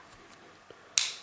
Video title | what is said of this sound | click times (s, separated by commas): Knife Review : SOG "Terminus" Tactical Slipjoint (BD1 Stainless Steel) | very very strong very audible click there | 1.0 s